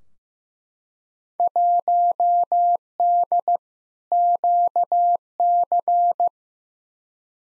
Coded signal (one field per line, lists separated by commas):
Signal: Morse code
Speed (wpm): 15 wpm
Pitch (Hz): 700 Hz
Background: none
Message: 1D QC